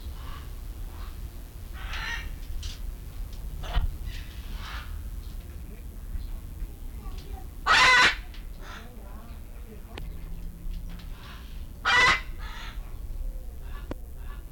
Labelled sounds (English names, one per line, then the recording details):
Scarlet Macaw call
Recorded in captivity
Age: adult
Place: Zoo Berlin, Berlin, DE
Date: 1994-08-06 11:09
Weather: wolkig bis heiter, 20-27°C
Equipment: Marantz CP 430, Sennheiser ME 80, Kopie Uher Variocord 263
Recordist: Tembrock, Günter